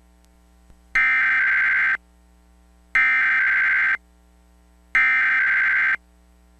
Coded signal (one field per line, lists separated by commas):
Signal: Emergency Alert System (SAME) tones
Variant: header bursts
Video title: Comcast Emergency Alert System - Required Weekly Test (February 16, 2021)